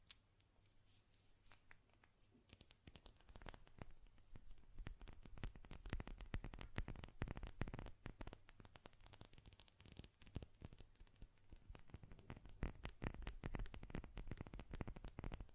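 Sharp tapping and clicking on a glass perfume bottle, with lid sounds. The taps start sparse for the first couple of seconds, then turn dense and rapid, irregular bright clicks continuing to the end. A low steady hum sits underneath throughout.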